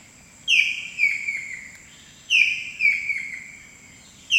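Blue-breasted kingfisher calling: a loud, sharp whistled note followed by a descending run of shorter piping notes, given twice about two seconds apart, with a third starting at the end, over a thin steady high hum.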